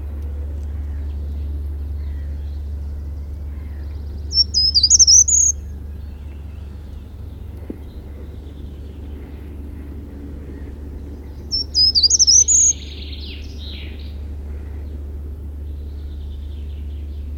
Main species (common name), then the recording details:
Short-toed Treecreeper. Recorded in the wild. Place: Ralswiek, Insel Rügen, Mecklenburg-Vorpommern, DE. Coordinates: 54.475, 13.446. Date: 1970-04-25. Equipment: Nagra III BH, Sennheiser MD 21, parabola. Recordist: Schubert, Michael. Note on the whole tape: Bei Ralswiek: Ges. Gartenbaumläufer E. 6,00